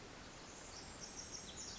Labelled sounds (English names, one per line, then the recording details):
Pacific Wren
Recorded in Sonoma County, California